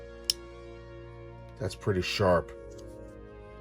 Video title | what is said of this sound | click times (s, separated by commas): Hot Wheels Star Wars Starships Select #13 Resistance X-Wing Review | and then to close it you'll hear a click when you lock them into position | 0.3 s